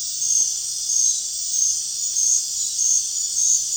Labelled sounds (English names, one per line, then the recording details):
none
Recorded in dense forest near Puerto Asís, Putumayo, Colombia, on 29 June 2025 at 20:00
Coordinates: 0.466, -76.327
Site GP04